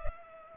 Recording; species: mosquito wingbeat signal from an infrared sensor; Culex pipiens